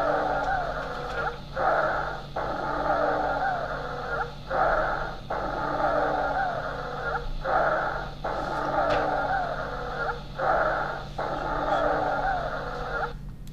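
Chest by stethoscope in an adult. Wheezing breathing, recurring with each breath at about 20 per minute.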